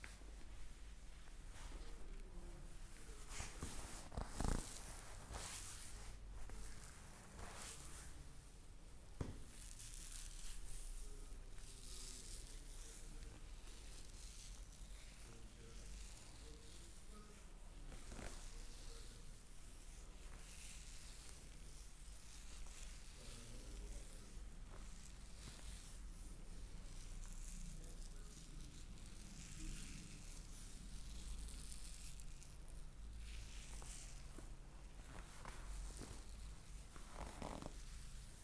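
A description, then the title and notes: Steady rubbing and rustling of a neck, head and scalp massage, with soft scratchy strokes and occasional brief louder brushes, especially near five seconds. ASMR neck, head and scalp massage.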